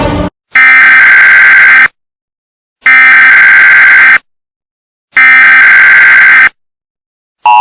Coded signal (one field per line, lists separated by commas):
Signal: Emergency Alert System (SAME) tones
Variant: header bursts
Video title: EAS Scenario: Supernatural Havoc